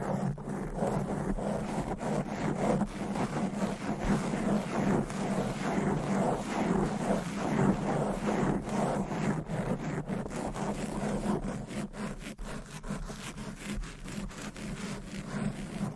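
Fast, aggressive tapping and scratching with nails runs without a break for the whole stretch, dense and rapid like sawing or rubbing on wood. A steady low hum sits underneath, and the level stays even throughout, with brief sharper ticks scattered across it.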